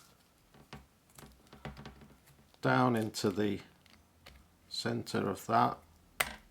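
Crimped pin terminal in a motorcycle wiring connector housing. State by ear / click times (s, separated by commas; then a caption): released / 6.2 s. Pliers are pushed into the centre of a wiring connector on a 1200 Low Sportster to release a crimped pin terminal from its plastic housing, as part of rewiring the handlebars for an ape bar install. Someone talks over a series of faint handling ticks. A sharp click at 6.2 s marks the pin releasing from the housing.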